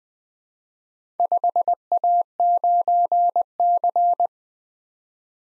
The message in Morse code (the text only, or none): 5A9C